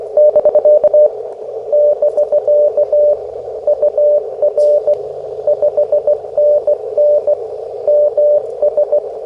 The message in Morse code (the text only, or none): <BK> <BK> UR 5NN MS